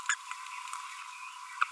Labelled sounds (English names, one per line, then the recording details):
Green-rumped Parrotlet babbling
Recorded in a nest box in Venezuela
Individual 18B25A5